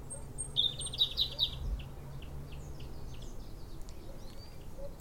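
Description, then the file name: European robin giving a quick run of thin, high chirps in the first two seconds, then scattered faint high notes over a low rumbling background. "Erithacus rubecula"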